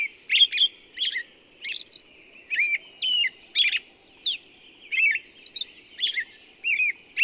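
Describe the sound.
Bird song with sweeping whistles and chirps, some rising and falling, in uneven bursts roughly every half second over quiet background.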